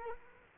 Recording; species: mosquito wingbeat signal from an infrared sensor; Culex quinquefasciatus